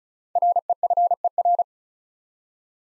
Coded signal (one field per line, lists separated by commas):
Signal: Morse code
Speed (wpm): 34 wpm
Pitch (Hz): 700 Hz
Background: none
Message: REFER